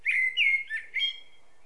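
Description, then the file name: Common blackbird giving a clear, loud whistled phrase of three or four flowing notes, sweet and level in pitch, then falling quiet. "Turdus merula"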